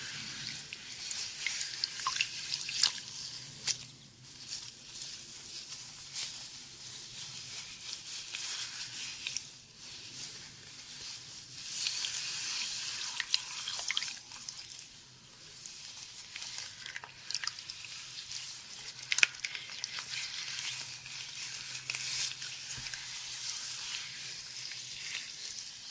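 Head spa hair wash with a steady hiss of running water, soft wet rubbing and scattered sharp drips and clicks, swelling around twelve seconds.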